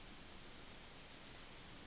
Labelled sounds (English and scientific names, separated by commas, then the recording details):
Yellowhammer (Emberiza citrinella) song
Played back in forest
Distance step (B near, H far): C
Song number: 119